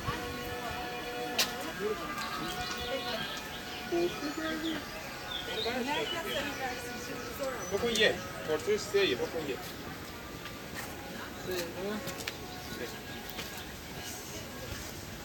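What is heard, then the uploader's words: Voices talk at a monastery while an amplified kemençe holds steady, droning bowed notes underneath. Sharp clicks and a few brighter chirps stand out around the middle, and footsteps and low outdoor rumble continue throughout. Soundwalk at Sümela Monastery. I captured this audio while walking on a small, narrow road that leads to the entrance of the Sumela Monastery in Karadağ (Black Mountain), Trabzon. Natural sounds such as birdsongs, as well as the music of a kemençe, a traditional instrument of the Trabzon region, played by a musician using an amplifier. Recorded by Uğur Aslan.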